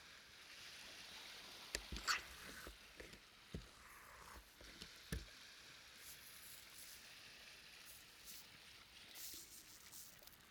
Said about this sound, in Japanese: それじゃあ泡でお耳を包んでいくね。